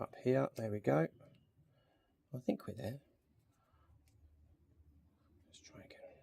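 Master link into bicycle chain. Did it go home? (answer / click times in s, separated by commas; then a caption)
yes / 5.9 s. Someone talks while master link remover pliers are set on the ends of a bicycle chain, followed by a stretch of quiet, low handling noise. Pulling the plier ends apart snaps the metal master link home with a sharp click at 5.9 s, seating it in the chain.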